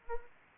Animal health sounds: mosquito wingbeat signal from an infrared sensor; Anopheles arabiensis

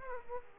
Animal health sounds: mosquito wingbeat signal from an infrared sensor; Aedes aegypti

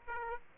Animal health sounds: mosquito wingbeat signal from an infrared sensor; Aedes aegypti

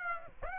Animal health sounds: mosquito wingbeat signal from an infrared sensor; Aedes aegypti

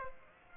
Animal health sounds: mosquito wingbeat signal from an infrared sensor; Aedes aegypti

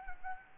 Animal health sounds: mosquito wingbeat signal from an infrared sensor; Aedes albopictus

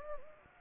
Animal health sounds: mosquito wingbeat signal from an infrared sensor; Anopheles arabiensis

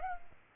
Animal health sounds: mosquito wingbeat signal from an infrared sensor; Culex pipiens

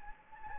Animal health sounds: mosquito wingbeat signal from an infrared sensor; Anopheles gambiae

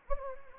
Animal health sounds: mosquito wingbeat signal from an infrared sensor; Anopheles gambiae

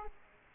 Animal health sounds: mosquito wingbeat signal from an infrared sensor; Aedes aegypti

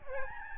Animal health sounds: mosquito wingbeat signal from an infrared sensor; Aedes albopictus

